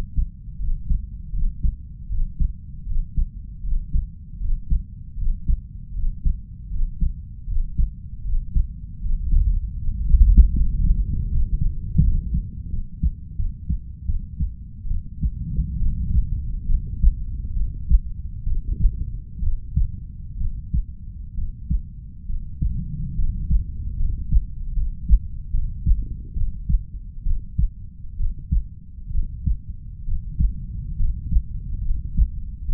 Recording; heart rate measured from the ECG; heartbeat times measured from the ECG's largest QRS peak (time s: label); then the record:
heart sounds by stethoscope; 73 bpm
0.57 s: heartbeat
1.31 s: heartbeat
2.07 s: heartbeat
2.84 s: heartbeat
3.61 s: heartbeat
4.38 s: heartbeat
5.15 s: heartbeat
5.92 s: heartbeat
6.69 s: heartbeat
7.46 s: heartbeat
8.22 s: heartbeat
8.99 s: heartbeat
9.76 s: heartbeat
10.53 s: heartbeat
11.28 s: heartbeat
12.00 s: heartbeat
12.69 s: heartbeat
13.35 s: heartbeat
14.05 s: heartbeat
14.87 s: heartbeat
15.78 s: heartbeat
16.66 s: heartbeat
17.53 s: heartbeat
18.43 s: heartbeat
19.39 s: heartbeat
20.37 s: heartbeat
21.34 s: heartbeat
22.26 s: heartbeat
23.15 s: heartbeat
23.96 s: heartbeat
24.73 s: heartbeat
25.50 s: heartbeat
26.33 s: heartbeat
27.23 s: heartbeat
28.16 s: heartbeat
29.11 s: heartbeat
30.04 s: heartbeat
30.96 s: heartbeat
31.82 s: heartbeat
32.65 s: heartbeat
From the record:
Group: healthy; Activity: breath hold 0-13 s, rest 13-33 s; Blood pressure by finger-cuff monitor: 118/64 mmHg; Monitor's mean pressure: 78 mmHg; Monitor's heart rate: 78 bpm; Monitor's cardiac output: 5.7 L/min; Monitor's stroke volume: 69 mL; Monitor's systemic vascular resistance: 960 dyn s/cm5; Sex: female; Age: 32 years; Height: 168 cm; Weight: 61.9 kg